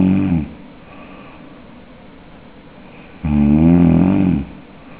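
Palatal snoring from an adult sleeper: loud, low, harmonic snoring bursts separated by quiet breathing.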